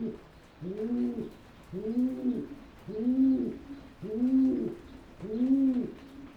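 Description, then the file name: Pigeon giving soft, rounded coos, five evenly spaced notes about one per second, each swelling then fading, over quiet background hiss. "holub"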